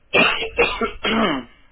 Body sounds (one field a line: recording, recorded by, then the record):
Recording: voluntary cough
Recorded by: telephone call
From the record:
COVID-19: positive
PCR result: checked with the laboratory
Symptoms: no